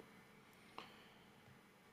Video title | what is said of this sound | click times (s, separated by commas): HUBSAN ZINO PRO PLUS - TEAR DOWN & HERE'S WHAT I FOUND - WHAT'S THE PLUS? | and then that slides down in there and locks into place | 0.8 s